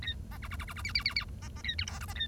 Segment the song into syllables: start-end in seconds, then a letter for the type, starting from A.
0.02-0.13 A, 0.31-0.37 B, 0.42-0.48 C, 0.50-0.56 C, 0.59-0.65 C, 0.67-0.73 C, 0.76-0.82 C, 0.84-0.92 D, 0.94-1.03 D, 1.05-1.14 D, 1.16-1.24 D, 1.42-1.48 B, 1.56-1.61 B, 1.64-1.75 A, 1.78-1.85 E, 1.87-1.99 F, 2.01-2.05 G, 2.08-2.13 B, 2.15-2.27 A